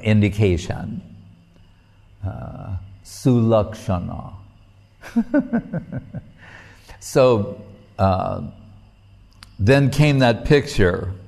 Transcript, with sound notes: indication; sulakṣaṇa. [laughing] So, then came that picture,